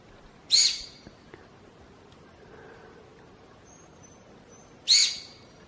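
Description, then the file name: Formosan serow call: two sharp, hissing, whistle-like blasts a few seconds apart, each starting loud and tailing off quickly. "臺灣長鬃山羊"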